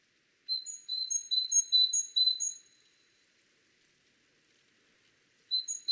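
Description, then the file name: Great tit giving a quick series of high, sharp repeated notes for about two and a half seconds, then silence, and a fresh burst starting at the end. "Parus major"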